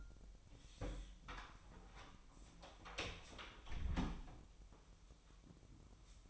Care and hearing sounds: daily activity, microphone in the room; close door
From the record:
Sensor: 1

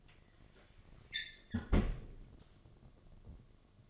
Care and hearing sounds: daily activity, microphone in the room; close fridge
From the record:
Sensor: 4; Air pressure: 1005.5 hPa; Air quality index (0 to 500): 175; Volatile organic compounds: 5 ppm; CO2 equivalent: 1720 ppm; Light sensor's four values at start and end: 5/11/4/4 and 6/13/5/4

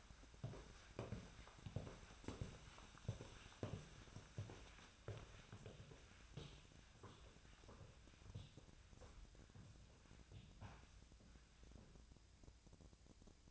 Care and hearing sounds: daily activity, microphone in the room; walk to room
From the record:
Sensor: 2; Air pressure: 1010.0 hPa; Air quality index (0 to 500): 174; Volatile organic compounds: 9 ppm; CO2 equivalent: 2176 ppm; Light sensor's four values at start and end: 34/83/36/40 and 35/87/37/42

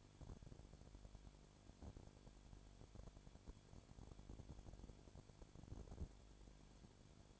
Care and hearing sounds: daily activity, microphone in the room; no activity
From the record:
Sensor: 5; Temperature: 20.2 degrees Celsius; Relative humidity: 36.5%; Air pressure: 1001.2 hPa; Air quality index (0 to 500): 177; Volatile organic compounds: 4 ppm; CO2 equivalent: 1614 ppm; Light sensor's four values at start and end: 2/3/1/1 and 2/3/1/1

